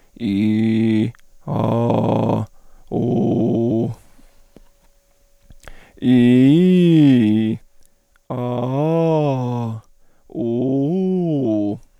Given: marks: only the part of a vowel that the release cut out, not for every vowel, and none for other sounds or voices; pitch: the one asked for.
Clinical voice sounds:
sustained vowels; male; 30 to 39 years; 2; 2; 1
0.29-1.03 s: vowel /i/, low pitch
1.59-2.36 s: vowel /a/, low pitch
2.98-3.81 s: vowel /u/, low pitch
6.13-7.37 s: vowel /i/, low-high-low pitch
8.40-9.62 s: vowel /a/, low-high-low pitch
10.44-11.65 s: vowel /u/, low-high-low pitch
From the record:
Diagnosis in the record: dysphonia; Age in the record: 37 years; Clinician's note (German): Organisch, Zustand nach Abtragung, Entzündung links, beginnender phonatorischer Stillstand links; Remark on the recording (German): Bei um verändert sich während des Sprechens die Vokalqualität: /o: u: o:/

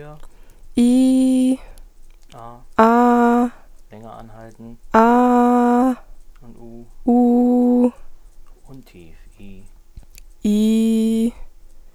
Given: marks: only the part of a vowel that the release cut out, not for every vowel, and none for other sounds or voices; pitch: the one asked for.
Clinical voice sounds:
sustained vowels; female; 20 to 29 years; 0; 0; 0
0.80-1.49 s: vowel /i/, high pitch
5.00-5.79 s: vowel /a/, high pitch
7.11-7.80 s: vowel /u/, high pitch
10.49-11.23 s: vowel /i/, low pitch
From the record:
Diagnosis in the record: healthy voice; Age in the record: 21 years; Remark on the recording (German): Das ganze (NSP-)Signal hindurch ist ein Ticken im Hintergrund zu vernehmen.

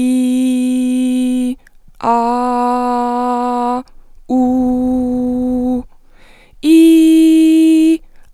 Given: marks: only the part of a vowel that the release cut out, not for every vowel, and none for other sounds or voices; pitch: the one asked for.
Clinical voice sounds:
sustained vowels; female; 20 to 29 years; 0; 0; 0
0.00-1.38 s: vowel /i/, normal pitch
2.30-3.66 s: vowel /a/, normal pitch
4.47-5.67 s: vowel /u/, normal pitch
6.84-7.85 s: vowel /i/, high pitch
From the record:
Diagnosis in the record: healthy voice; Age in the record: 23 years

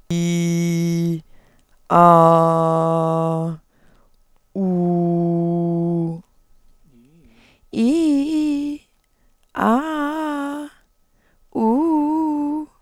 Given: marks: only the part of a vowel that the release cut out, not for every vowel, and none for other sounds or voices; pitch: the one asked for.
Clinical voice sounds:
sustained vowels; female; 20 to 29 years; 1; 1; 0
0.21-1.08 s: vowel /i/, low pitch
2.20-3.34 s: vowel /a/, low pitch
4.84-5.94 s: vowel /u/, low pitch
7.84-8.62 s: vowel /i/, low-high-low pitch
9.69-10.57 s: vowel /a/, low-high-low pitch
11.77-12.54 s: vowel /u/, low-high-low pitch
From the record:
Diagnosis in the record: hypofunctional dysphonia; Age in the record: 23 years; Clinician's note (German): Mit Phonationsverdickungen bds

